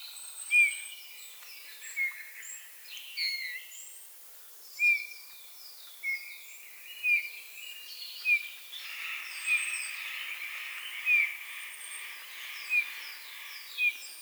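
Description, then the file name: Eurasian bullfinch giving soft piping calls, each a short, slightly falling whistle, spaced throughout, over a busy chorus of other twittering birds. "Pyrrhula pyrrhula"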